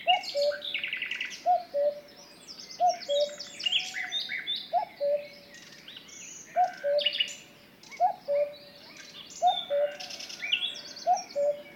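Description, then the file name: Cuckoo repeating its low, falling two-note cu-coo roughly every second and a half, with many other birds chirping and twittering higher up. "minutes of cuckoos"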